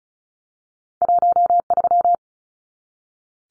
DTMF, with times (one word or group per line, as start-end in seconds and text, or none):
none